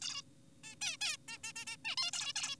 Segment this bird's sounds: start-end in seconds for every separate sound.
0.02-0.22, 0.64-0.75, 0.81-0.97, 1.01-1.17, 1.28-1.37, 1.44-1.53, 1.56-1.65, 1.67-1.76, 1.85-1.96, 1.98-2.11, 2.13-2.33, 2.36-2.56